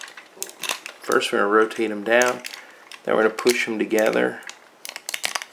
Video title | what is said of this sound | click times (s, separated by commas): Transformers Legends LG13 Megatron | so that they lock into place right there | 5.1 s, 5.2 s